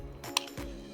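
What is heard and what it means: After a battery change, the plastic battery cover of a BMW F10 car key fob is pressed closed. A sharp, loud, very short click sounds at 0.4 s as the cover snaps shut, between two softer handling sounds near 0.2 s and 0.6 s over a steady tonal background. The cover is seated.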